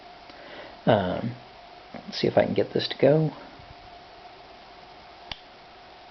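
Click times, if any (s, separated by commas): 5.3 s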